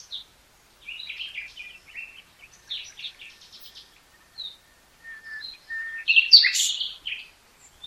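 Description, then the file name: Common nightingale song: soft scratchy notes and short trills building to a louder, fuller phrase near the end, with thin whistles scattered throughout. "Luscinia megarhynchos"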